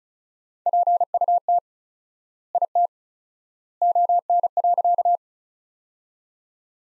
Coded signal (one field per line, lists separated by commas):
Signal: Morse code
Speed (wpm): 36 wpm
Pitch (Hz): 700 Hz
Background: none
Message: PUT IT ON.